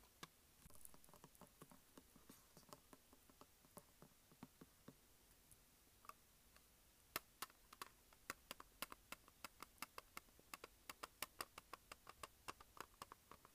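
Fingertips tap and scratch on a plastic case in quick, sharp clicks. The taps come sparse and uneven at first, with a brief scratchy rustle near the start, then grow steadier and denser after about seven seconds, continuing in a fairly regular rapid patter to the end.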